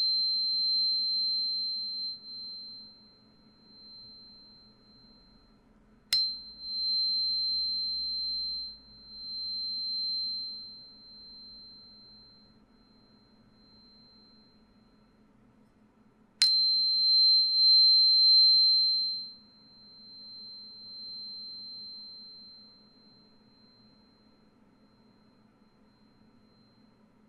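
A tuning fork rings with a pure, high 4096 Hz tone that swells and fades slowly. It is struck twice, at about 6 and 16 seconds, each time with a sharp click before the tone returns. A faint low hum runs underneath throughout.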